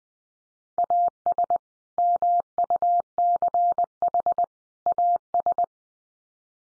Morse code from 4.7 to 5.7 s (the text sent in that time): AS